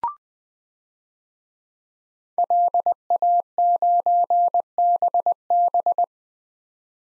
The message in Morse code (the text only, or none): LA9BB